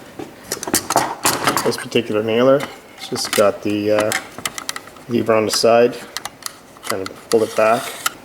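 Someone talks while handling the spring pusher on a finish nailer's magazine, pulling it back, with brief sharp ticks around 0.5–0.7 s, 1.3–1.5 s and 4.4–4.8 s. Nothing has seated or clicked into place yet; the clip ends before the pusher locks back and before the nail strip goes in.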